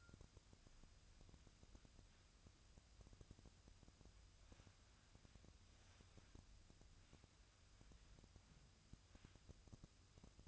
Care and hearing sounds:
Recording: daily activity, microphone in the room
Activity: wipe stove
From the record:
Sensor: 2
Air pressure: 1004.6 hPa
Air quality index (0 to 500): 80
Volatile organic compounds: 1 ppm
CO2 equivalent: 960 ppm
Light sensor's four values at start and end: 7/16/6/6 and 7/16/6/6

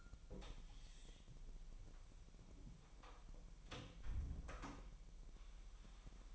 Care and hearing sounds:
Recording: daily activity, microphone in the room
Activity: close door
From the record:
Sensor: 1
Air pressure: 1001.2 hPa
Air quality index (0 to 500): 248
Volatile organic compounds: 145 ppm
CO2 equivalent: 4000 ppm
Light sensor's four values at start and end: 12/29/12/13 and 12/29/12/13

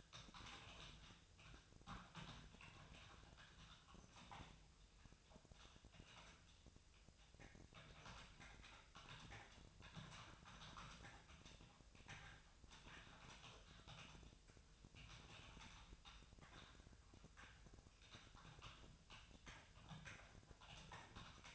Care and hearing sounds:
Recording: daily activity, microphone in the room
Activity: typing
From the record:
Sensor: 2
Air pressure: 999.1 hPa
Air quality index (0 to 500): 207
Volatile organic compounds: 35 ppm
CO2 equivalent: 3066 ppm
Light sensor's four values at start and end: 7/16/6/7 and 7/17/6/7

